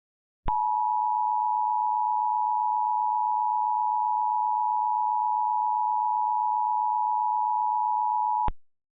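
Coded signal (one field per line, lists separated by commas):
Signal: Emergency Alert System (SAME) tones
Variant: 853 and 960 Hz attention tone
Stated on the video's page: Mock EAS tornado alert, simulated.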